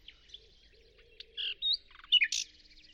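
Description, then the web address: Short burst of bird sound: scattered chirps, a couple of buzzy notes and loud harsh squeaks toward the end, over soft background twitter. "Deverinetal 2025. Bird Only"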